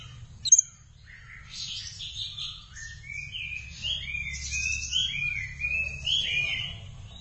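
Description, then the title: Thrush song, a gentle warbling sequence of soft rising and falling slurred whistles, following one sharp high note at the start, with low hum beneath. "burung anis x"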